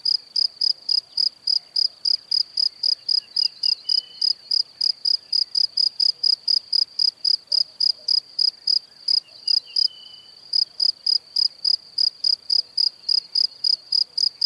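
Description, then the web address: Cricket song: a long series of high, pulsed chirps about four per second, briefly pausing once before resuming, with faint whistles in the background. "Kurs PTTK Przyroda Ptaki Świerszcze"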